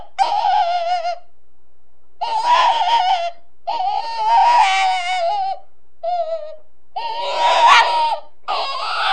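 Rabbit screams: six harsh, strained, high-pitched cries, some long and ragged, one very short, separated by short silences.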